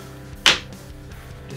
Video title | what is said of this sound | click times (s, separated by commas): QBRICK SYSTEM TWO - system skrzyń narzędziowych | dość spore kliknięcie do kliknięcia oznacza że zablokowała się na pokrywa która się nie będzie sama zamykać | 0.5 s